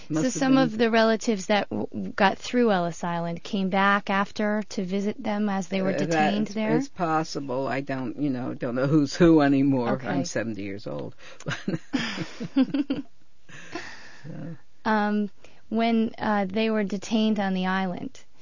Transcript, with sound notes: So some of the relatives that got through Ellis Island came back after to visit them after they were detained there?
That is possible. I don't, you know, don't know who's who any more. I'm seventy years old. ( they laugh )
When they were detained on the island,